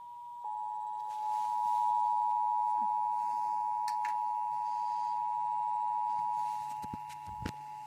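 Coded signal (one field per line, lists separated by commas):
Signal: Emergency Alert System (SAME) tones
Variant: 853 and 960 Hz attention tone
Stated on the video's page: Required Weekly Test on weather radio KHB31; Required Monthly Tests on stations WMNX and WGNI.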